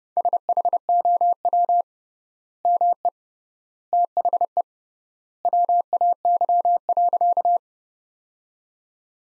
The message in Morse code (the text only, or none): SHOW ME THE WAY.